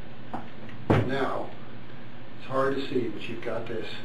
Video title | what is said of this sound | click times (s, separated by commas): TA II Short Shaft Bushing System Quick App | until it snaps. | 0.9 s